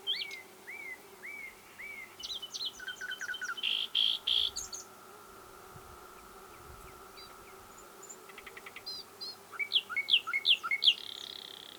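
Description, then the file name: Common nightingale phrases: four looping whistled notes, a buzzy harsh burst, quiet spell, then a fast repeated run of sharp notes; constant faint hum. "Luscinia megarhynchos"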